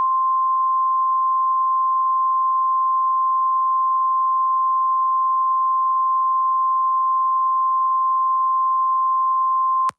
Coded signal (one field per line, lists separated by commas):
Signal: Emergency Alert System (SAME) tones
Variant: 1050 Hz attention tone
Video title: Tutorial - How To Make EAS Videos